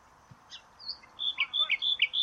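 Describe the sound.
Bird song: a quick sequence of high whistled notes alternating with short slurred chips.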